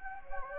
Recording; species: mosquito wingbeat signal from an infrared sensor; Anopheles gambiae